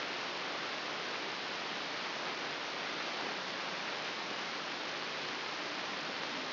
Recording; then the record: brain microelectrode recording played as sound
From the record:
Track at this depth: inside the subthalamic nucleus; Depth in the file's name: 6.707 mm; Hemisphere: left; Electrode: 3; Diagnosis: Parkinson's disease